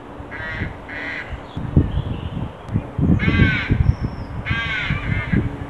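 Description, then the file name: Carrion crow giving a few harsh, hoarse caws over strong low thumping and rumbling noise. "Corvus corone"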